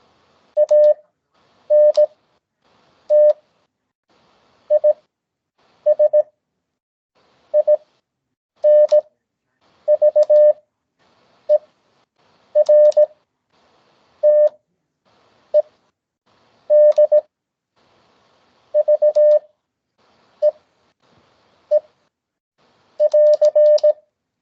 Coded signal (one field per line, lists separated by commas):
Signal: Morse code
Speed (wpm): 18 wpm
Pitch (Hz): 600 Hz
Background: none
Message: ANT IS INVERTED VEE <AR>